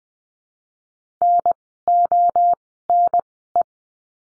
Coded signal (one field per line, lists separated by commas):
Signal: Morse code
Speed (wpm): 20 wpm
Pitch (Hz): 700 Hz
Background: none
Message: N O N E